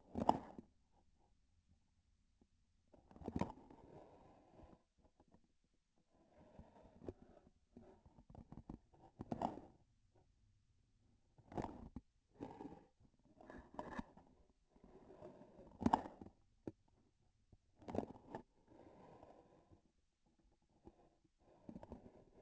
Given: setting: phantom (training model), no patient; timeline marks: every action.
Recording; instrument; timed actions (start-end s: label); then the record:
laparoscopic instrument, vibration sensor on the handle end; grasping forceps
0.00-0.76 s: grasping tissue
2.85-3.71 s: releasing tissue
9.11-9.92 s: grasping tissue
11.32-12.15 s: releasing tissue
15.74-16.42 s: grasping tissue
17.70-18.53 s: releasing tissue
From the record:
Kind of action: gesture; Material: synthetic tissue